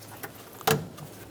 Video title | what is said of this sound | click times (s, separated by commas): How to Replace Radiator 2014-2018 Chevrolet Silverado 1500 | make sure flips into place give it a pull make sure it's locked in | 0.7 s